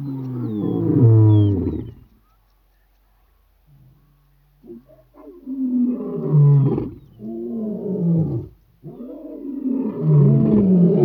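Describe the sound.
Lion making a long, deep groan, then a quiet pause with faint noises, followed by three more throaty, descending groans.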